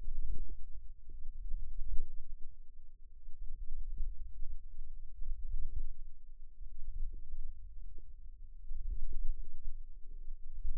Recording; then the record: forearm muscle sounds (acoustic myography)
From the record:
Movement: wrist extension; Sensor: system 2, bracelet of six BSWA MPA416 microphones around the upper forearm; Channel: 5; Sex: female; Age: 22 years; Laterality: right